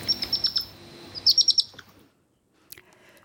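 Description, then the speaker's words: European hedgehog young giving rapid, very high-pitched chirps in two short bursts of four or five notes each, then near silence with a few faint clicks. A hedgehog young (hoglet). "Och så här låter en igelkottsunge."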